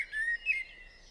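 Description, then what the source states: Eurasian blackbird song fragment: two short notes in quick succession, the second slightly higher, then quiet. Singing on a roof, 28 April 2016 at 06:05.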